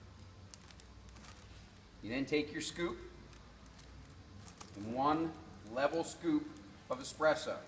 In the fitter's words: make sure it snaps in you'll hear it snap